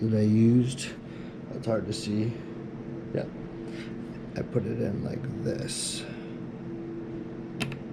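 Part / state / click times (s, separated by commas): plastic joystick housing parts being snapped back together on a snowblower chute control / seated / 7.6 s, 7.7 s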